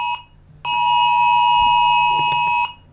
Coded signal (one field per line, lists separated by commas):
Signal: Emergency Alert System (SAME) tones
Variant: 853 and 960 Hz attention tone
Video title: Zrey eas Alarm ANOMALIES ( My fictional country)